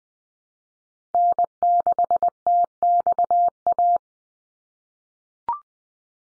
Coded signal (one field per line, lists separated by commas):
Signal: Morse code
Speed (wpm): 20 wpm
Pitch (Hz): 700 Hz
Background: none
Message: N6TXA